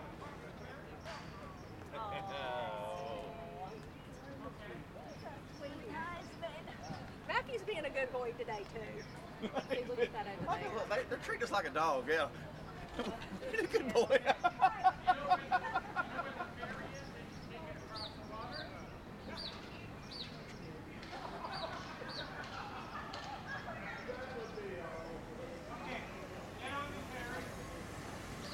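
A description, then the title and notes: Voices chatter through a walk around town in Willemstad, with several people talking and a steady low hum of street noise beneath. Around the middle, louder clattering and speech rise briefly, then settle. Scattered bird calls and clucking sounds break through now and then. City Sounds, Outdoor Sounds. Walking Around Willemstad Curacao.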